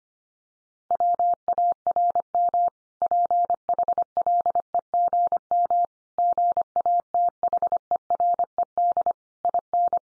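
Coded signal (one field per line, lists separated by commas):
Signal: Morse code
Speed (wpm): 25 wpm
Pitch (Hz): 700 Hz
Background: none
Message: WARM PHLEGM GATHERED IN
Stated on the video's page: Morse code sentence head-copy practice at 25 wpm, also offered at speeds from 17 to 50 wpm.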